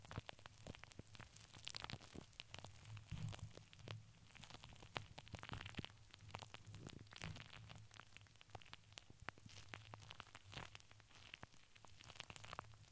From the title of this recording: Crinkles, Plastic, Brush, Silicone, Glass, Paper